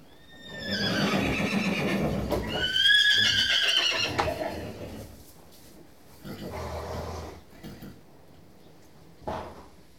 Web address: The BBC Sound Effects Library Horses